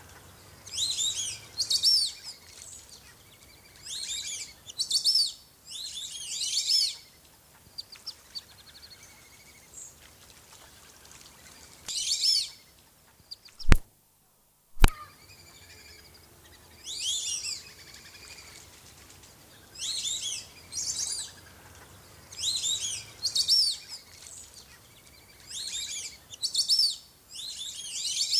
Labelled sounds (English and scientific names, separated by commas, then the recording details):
White-faced Whistling Duck (Dendrocygna viduata) call
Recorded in captivity
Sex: group
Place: Zoo Berlin, Berlin, DE
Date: 2003-09-26 17:45
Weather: fair, 16-17°C
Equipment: Fair Mate ST-1328 (Asahi Electronics, Japan), Sennheiser ME 80, Kopie Uher 4000 Report Monitor
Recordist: Tembrock, Günter